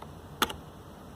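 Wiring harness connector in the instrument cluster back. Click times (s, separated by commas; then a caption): 0.4 s. After the tooth in the middle of the wiring harness connector on the back of a BMW E90/E92/E91/E93 instrument cluster is pressed in, the round plastic locking lever is swung around and clicks flat with a sharp click at 0.4 s, followed by a softer click at 0.5 s. The flattened lever kicks the wire plug out of the cluster socket, releasing the connector. Faint ticks are also heard near the start and at 1.2 s.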